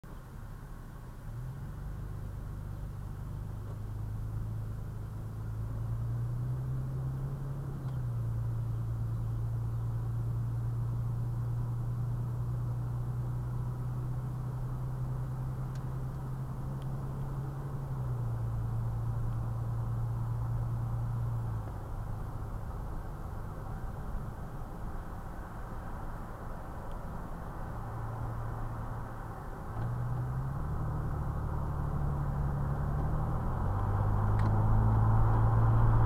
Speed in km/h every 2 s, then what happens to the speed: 5, 8, 11, 15, 18, 21, 23, 24, 26, 27, 29, 29, 29, 31, 31, 37, 45, 56.
0-36 speeds up to 56.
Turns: none.